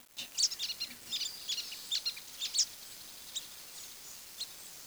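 Bird calls, a rapid cluster of high thin chirps in the first three seconds, then a few isolated notes over a soft hiss.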